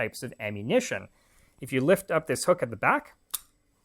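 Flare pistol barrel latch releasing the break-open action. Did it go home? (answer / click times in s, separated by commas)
released / 3.4 s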